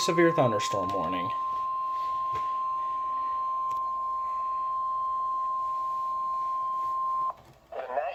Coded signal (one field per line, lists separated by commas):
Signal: Emergency Alert System (SAME) tones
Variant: 1050 Hz attention tone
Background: speech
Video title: EAS #463: Severe Thunderstorm Warning - Indiana (3/14/2024) (KEC74)